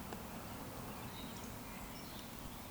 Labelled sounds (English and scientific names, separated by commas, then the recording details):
Eurasian Woodcock (Scolopax rusticola) whistle
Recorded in Baden-Württemberg, Germany, on 14 June 2020 at 19:54 UTC
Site 14569, 102 m above sea level